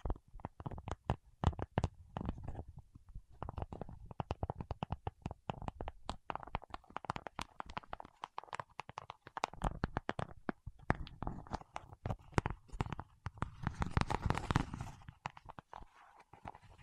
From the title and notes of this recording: ASMR with Wax Fingertips for Sleep (No Talking).